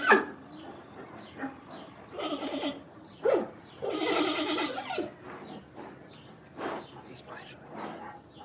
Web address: suoni di un panda suono emesso da un panda seduto allo zoo